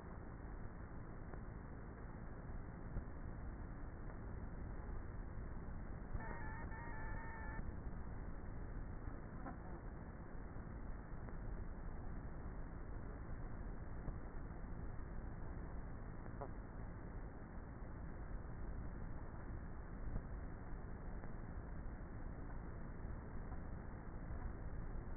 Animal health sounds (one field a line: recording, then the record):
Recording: honeybee colony, microphone inside the hive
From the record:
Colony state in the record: queenless with a low population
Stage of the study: before two queens were removed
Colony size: about 30,000 bees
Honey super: no